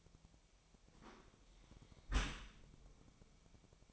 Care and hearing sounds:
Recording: daily activity, microphone in the room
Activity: close dishwasher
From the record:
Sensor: 1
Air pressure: 1003.1 hPa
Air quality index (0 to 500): 197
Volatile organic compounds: 6 ppm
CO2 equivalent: 1883 ppm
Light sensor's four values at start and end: 17/42/17/21 and 17/42/18/21

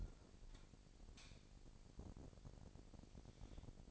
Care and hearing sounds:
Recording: daily activity, microphone in the room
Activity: light on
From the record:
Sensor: 5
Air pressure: 1012.0 hPa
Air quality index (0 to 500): 247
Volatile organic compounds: 5 ppm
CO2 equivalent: 1708 ppm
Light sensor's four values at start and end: 41/96/40/42 and 42/101/42/44

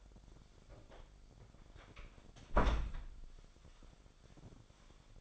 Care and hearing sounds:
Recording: daily activity, microphone in the room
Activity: close door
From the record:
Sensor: 5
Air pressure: 1007.2 hPa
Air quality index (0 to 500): 168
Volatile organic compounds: 4 ppm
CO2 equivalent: 1608 ppm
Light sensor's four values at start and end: 55/156/61/61 and 55/157/61/61

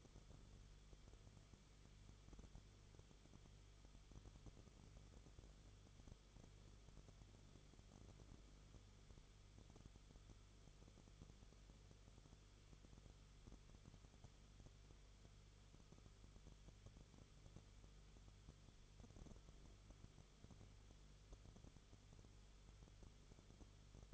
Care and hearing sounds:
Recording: daily activity, microphone in the room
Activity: no activity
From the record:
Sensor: 4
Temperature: 22.9 degrees Celsius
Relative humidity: 34.5%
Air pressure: 1011.5 hPa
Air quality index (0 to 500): 193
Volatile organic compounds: 13 ppm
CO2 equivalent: 2389 ppm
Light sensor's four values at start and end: 2/3/1/1 and 2/3/1/1

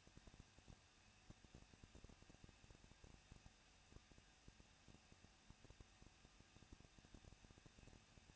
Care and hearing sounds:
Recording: daily activity, microphone in the room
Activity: no activity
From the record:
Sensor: 2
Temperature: 21.0 degrees Celsius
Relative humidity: 37.3%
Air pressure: 1006.5 hPa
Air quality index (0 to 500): 220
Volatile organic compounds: 23 ppm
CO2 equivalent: 2770 ppm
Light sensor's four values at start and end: 2/3/2/2 and 2/3/2/2

